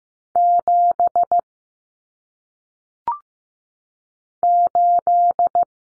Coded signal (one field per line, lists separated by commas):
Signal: Morse code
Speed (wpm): 15 wpm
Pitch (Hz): 700 Hz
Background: none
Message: 7 8